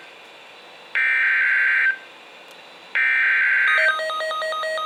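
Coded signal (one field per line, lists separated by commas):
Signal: Emergency Alert System (SAME) tones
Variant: header bursts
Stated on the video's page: Severe thunderstorm warning broadcast on NOAA weather radio station KEC56.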